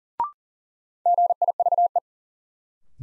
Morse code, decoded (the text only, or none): GIVE